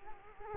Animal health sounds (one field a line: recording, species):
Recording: mosquito wingbeat signal from an infrared sensor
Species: Culex quinquefasciatus